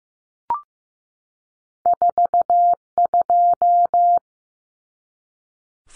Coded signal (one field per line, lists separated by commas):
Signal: Morse code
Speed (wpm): 15 wpm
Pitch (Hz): 700 Hz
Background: none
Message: 42